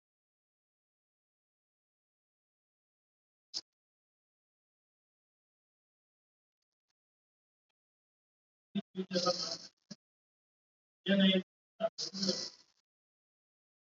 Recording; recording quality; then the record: deep breathing; poor, much background noise or distortion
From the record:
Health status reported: COVID-19 positive, no symptoms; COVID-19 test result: positive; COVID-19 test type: RT-PCR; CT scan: not taken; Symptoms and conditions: none ticked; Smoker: yes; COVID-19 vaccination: both doses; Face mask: worn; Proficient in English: yes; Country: India